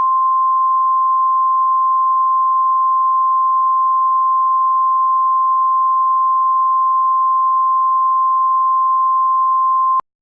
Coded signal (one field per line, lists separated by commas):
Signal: Emergency Alert System (SAME) tones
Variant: 1050 Hz attention tone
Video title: EAS Tornado Warning (Lake, IL County)